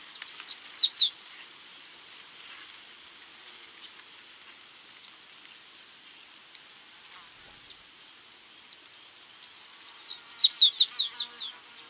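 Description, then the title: Stripe-tailed yellow finch giving short bursts of rapid high downslurred chirps at start and end, separated by quiet hiss with faint notes. Nominate subspecies Sicalis citrina citrina, assumed from location. "LuckyPassaro Completos2Sama. Stripe-tailed Yellow Finch (Sicalis citrina citrina (ssp assumed from location))"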